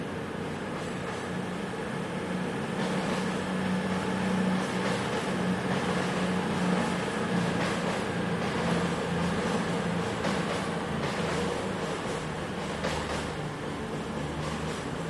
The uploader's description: recorded at Newcastle's Central Station